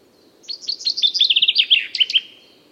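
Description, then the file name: Common chaffinch song: one bright phrase of quick notes that tumbles downward and speeds into a rattling run, ending in a brief sharp flourish, with a soft low hum beneath. "Fringilla coelebs"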